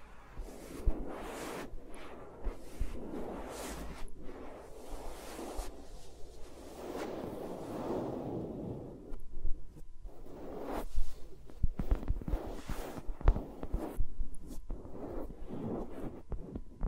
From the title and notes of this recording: ASMR with Mics Around My Fingers (No Talking).